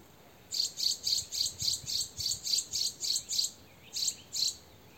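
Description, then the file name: Eurasian wren call series: a steady string of about a dozen sharp, clicking ticks, roughly three each second, ending with two spaced notes. "Troglodytes troglodytes"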